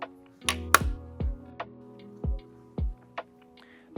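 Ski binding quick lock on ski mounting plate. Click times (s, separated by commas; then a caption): 0.5 s, 0.8 s. The quick lock lever of a Rottefella Performance cross-country ski binding is pushed firmly down onto the IFP mounting plate on the ski, giving two sharp, loud clicks at 0.5 and 0.8 s, and the binding is locked. Steady tonal background music and a few softer ticks continue through the rest of the clip.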